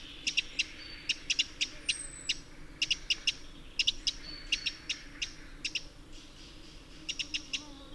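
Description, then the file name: Eurasian wren giving dry, sharp ticking calls, single or in quick pairs and triplets, repeated irregularly throughout; a faint thin whistle is also heard. "Troglodytes troglodytes"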